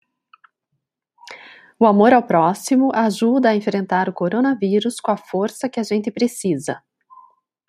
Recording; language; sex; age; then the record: spoken sentence; Brazilian Portuguese; female; 40 to 49 years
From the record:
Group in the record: control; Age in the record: 41 years